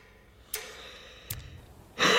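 Two brief, quiet cough-like bursts are followed by a louder, rough, voiced throat-clearing cough lasting about half a second in an adult man. It is a mild cough with throat clearing from a cold with a runny nose.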